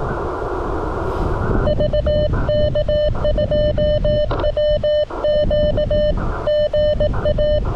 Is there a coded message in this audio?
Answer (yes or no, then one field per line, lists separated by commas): yes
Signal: Morse code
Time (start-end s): 1.7-7.6 s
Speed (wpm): 18 wpm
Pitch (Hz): 590 Hz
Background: none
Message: VK2WQ GA